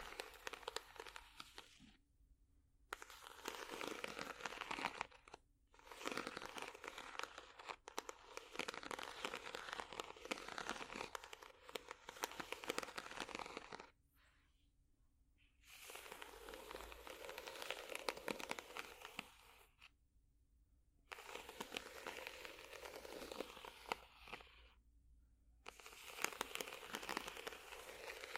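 Scratching across a ridged surface comes in long bursts of dense, rapid, raspy strokes, bright and gritty, separated by short near-silent gaps around 2, 5, 14, 20 and 25 seconds. Within each burst the rasping stays fairly even, with crinkly, crackling detail.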